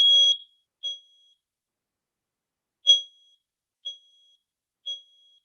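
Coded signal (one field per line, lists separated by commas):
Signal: alarm pattern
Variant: household smoke alarm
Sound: shrill high-pitched beeps: two, a short pause, then three about a second apart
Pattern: temporal three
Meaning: Smoke alarm sounding, a smoke or fire warning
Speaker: So that's the sound of a smoke alarm. Okay, it's 3 beeps.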